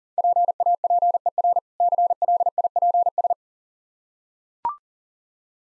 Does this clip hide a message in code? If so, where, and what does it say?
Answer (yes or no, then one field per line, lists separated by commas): yes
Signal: Morse code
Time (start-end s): 0.2-3.3 s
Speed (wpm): 37 wpm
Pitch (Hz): 700 Hz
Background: none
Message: PAPER CLIPS